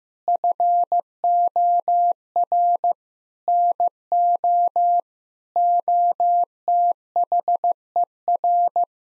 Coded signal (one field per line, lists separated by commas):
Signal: Morse code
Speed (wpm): 15 wpm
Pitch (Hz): 700 Hz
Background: none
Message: FOR NO OTHER